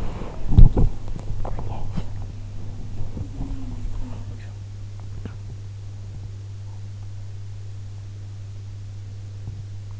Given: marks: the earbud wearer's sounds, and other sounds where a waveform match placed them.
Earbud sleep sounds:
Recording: sounds in sleep by an in-ear microphone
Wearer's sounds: body movement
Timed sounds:
0.00-1.95 s: body movement

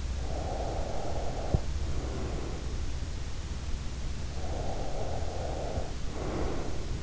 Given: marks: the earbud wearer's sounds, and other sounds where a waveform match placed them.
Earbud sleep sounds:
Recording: sounds in sleep by an in-ear microphone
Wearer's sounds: breath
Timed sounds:
0.11-2.57 s: breath
4.51-7.03 s: breath

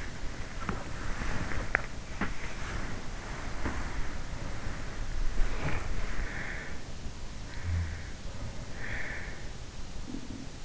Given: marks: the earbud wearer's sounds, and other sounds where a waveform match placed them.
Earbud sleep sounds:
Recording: sounds in sleep by an in-ear microphone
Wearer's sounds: body movement, breath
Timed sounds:
0.00-7.26 s: body movement
8.36-10.65 s: breath

